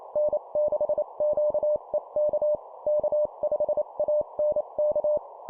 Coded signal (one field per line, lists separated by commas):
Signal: Morse code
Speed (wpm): 28 wpm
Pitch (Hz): 600 Hz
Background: none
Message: N6QEK K5ANK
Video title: 25wpm Call signs, improve cw morse code copy speed